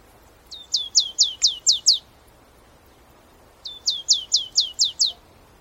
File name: marsh tit